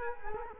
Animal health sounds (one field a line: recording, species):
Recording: mosquito wingbeat signal from an infrared sensor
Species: Culex quinquefasciatus